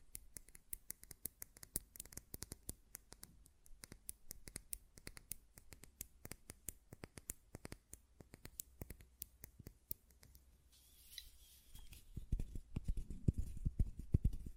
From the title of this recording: Glass Perfume Bottle Tapping & Lid Sounds